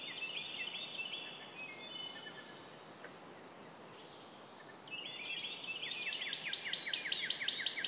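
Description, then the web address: Bird twitters at first, then a quiet spell, followed by a fast run of repeated high chirps over background hiss. "hlworld birdchirps"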